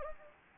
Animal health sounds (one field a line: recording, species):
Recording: mosquito wingbeat signal from an infrared sensor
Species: Anopheles gambiae